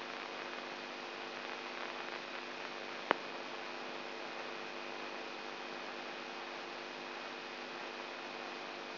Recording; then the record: brain microelectrode recording played as sound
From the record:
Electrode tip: inside the subthalamic nucleus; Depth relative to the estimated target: 1 mm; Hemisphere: right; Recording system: AlphaMap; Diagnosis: Parkinson's disease